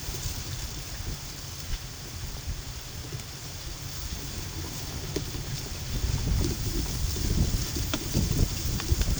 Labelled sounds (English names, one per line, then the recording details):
none
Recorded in pastures near Puerto Asís, Putumayo, Colombia, on 8 March 2025 at 13:30
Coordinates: 0.487, -76.322
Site G077